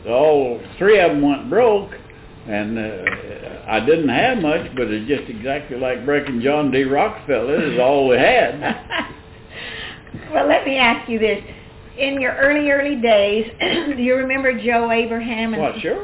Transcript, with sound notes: all three of them went broke and I didn't have much but it was just exactly like breaking John D. Rockefeller. It was all they had.
(Laughter) Well let me ask you this, in your early, early days do you remember Joe Abraham and--
Well sure I do!